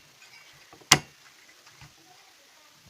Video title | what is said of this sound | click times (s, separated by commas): Montar un pc 1ª parte | va metido a presión ties que escuchar el clic entre | 0.9 s